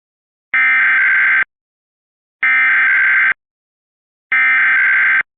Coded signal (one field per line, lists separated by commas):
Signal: Emergency Alert System (SAME) tones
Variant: header bursts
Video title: April Tests Overnight Madness (EAS #17303-17365) 4/3/24